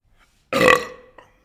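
A single short burp from an adult: an abrupt, loud onset followed by a tonal, resonant belch that fades over about half a second.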